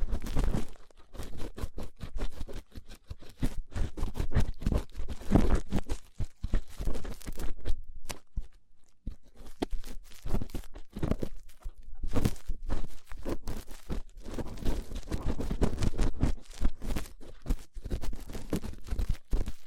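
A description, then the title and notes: Rough ear cleaning: dense, rapid scratching and rubbing fills the whole clip with crackly, crunching bursts. The scraping comes in quick irregular strokes with a low rumbling undertone, easing briefly around eight to nine seconds before resuming just as busily. ASMR Rough Ear Cleaning (No Talking).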